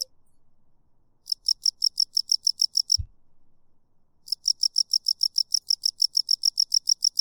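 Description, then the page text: Cricket chirping in rapid high pulses, a burst of about one and a half seconds, a pause with a single low thump, then chirping resumes steadily. A single cricket calling, stopping occasionally and then continuing. "Single Cricket Long: A single cricket, cicada, playing away. Stops occasionally, then continues. Swamp, Marsh & Woods"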